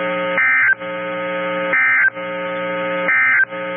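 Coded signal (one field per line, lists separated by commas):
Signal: Emergency Alert System (SAME) tones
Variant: end-of-message bursts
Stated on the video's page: PDS severe thunderstorm warning received on NOAA Weather Radio station WXM28.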